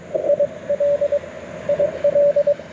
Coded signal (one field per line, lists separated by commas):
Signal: Morse code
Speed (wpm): 22 wpm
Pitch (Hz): 590 Hz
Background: radio noise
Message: IL IL